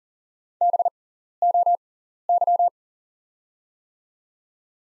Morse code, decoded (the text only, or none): BOY